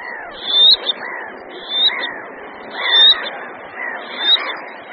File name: Potápka-černokrká